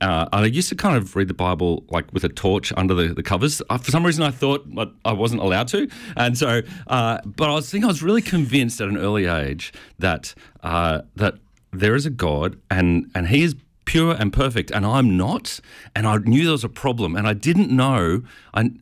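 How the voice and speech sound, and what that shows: Adult male speech with repeated words and sounds and tense pauses: stuttering. The speaker is a pastor who has preached for about 24 years despite his stutter, which falls on different words each time.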